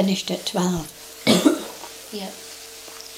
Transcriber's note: coughs